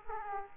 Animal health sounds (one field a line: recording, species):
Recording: mosquito wingbeat signal from an infrared sensor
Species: Aedes aegypti